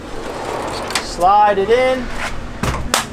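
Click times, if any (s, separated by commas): 2.9 s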